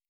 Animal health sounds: hydrophone in a shrimp aquaculture tank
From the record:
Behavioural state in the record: starved

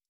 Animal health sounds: hydrophone in a shrimp aquaculture tank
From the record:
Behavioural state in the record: stressed

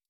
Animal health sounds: hydrophone in a shrimp aquaculture tank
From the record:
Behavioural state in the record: stressed

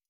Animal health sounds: hydrophone in a shrimp aquaculture tank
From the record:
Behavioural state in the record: stressed

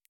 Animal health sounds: hydrophone in a shrimp aquaculture tank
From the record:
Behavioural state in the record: feeding

